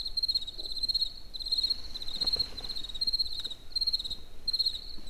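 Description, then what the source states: Cricket chirping in high, rapid pulsed bursts with short gaps, with some faint clicks and low noise in the background. Recorded in nature near the Eger tourist house.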